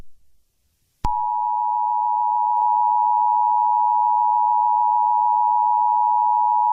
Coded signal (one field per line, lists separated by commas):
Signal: Emergency Alert System (SAME) tones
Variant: 853 and 960 Hz attention tone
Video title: EAS Scenario 3 | Garten of BanBan Chapter 2: The surface of the Abyss